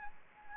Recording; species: mosquito wingbeat signal from an infrared sensor; Anopheles gambiae